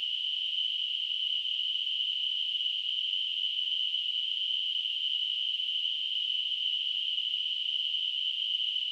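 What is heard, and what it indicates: Simulated tinnitus: a steady, high-pitched hissing ring, a narrow band of noise centered near 3 kHz with nothing below about 1.5 kHz, unchanged in pitch and loudness throughout.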